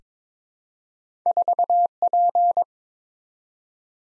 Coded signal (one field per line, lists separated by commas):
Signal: Morse code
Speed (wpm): 22 wpm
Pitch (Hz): 700 Hz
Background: none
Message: 4P